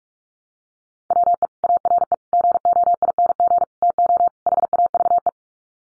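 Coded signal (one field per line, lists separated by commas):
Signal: Morse code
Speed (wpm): 44 wpm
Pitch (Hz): 700 Hz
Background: none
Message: WE ARE GOING TO HAVE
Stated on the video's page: Morse practice drill of common 5-word sets at 45 wpm, each sent twice around a spoken version, for head-copy.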